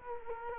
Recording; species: mosquito wingbeat signal from an infrared sensor; Culex quinquefasciatus